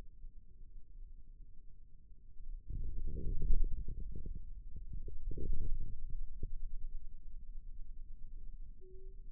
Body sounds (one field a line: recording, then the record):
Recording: forearm muscle sounds (acoustic myography)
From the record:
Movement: radial deviation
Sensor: system 2, bracelet of six BSWA MPA416 microphones around the upper forearm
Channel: 3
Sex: male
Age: 22 years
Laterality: right